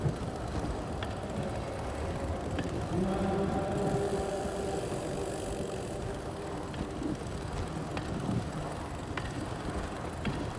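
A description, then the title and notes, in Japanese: Inside a tunnel, a dense, steady low rumble fills the space, like a vehicle moving through it. Around the middle a humming drone rises and fades. Faint sharp clicks or knocks cut through every second or two. 佐渡ヶ島のトンネルの音（サイクリング ）。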